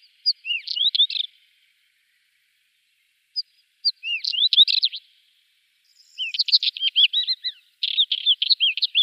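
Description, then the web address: Isabelline wheatear song: several bursts of rapid, varied chirps and rising whistled notes, separated by pauses. "Schulze Peter Isabelline Wheatear song"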